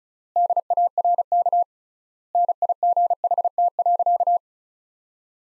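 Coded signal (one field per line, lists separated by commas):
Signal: Morse code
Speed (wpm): 36 wpm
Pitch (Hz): 700 Hz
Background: none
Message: DARK NIGHT.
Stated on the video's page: Practice sentences of the top 500 words sent at 35 wpm with 3x standard word spacing, a word-based analogue of Farnsworth spacing.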